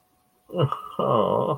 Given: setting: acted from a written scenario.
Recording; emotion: vocal sound without words; shame